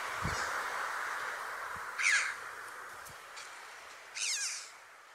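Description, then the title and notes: Red-billed chough calls, two short harsh downslurred notes two seconds apart, partly masked by steady hissing noise and a few faint knocks. On the Isle of Man, a real stronghold for the species. "This week a bird for which the Isle of Man is a real stronghold . . . the characterful chough!"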